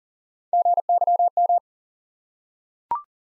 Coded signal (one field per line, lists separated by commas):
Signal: Morse code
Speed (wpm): 40 wpm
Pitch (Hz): 700 Hz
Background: none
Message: GYM